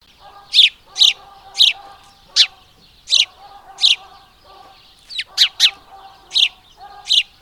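House sparrow chirps, loud and slightly irregular, sometimes doubled.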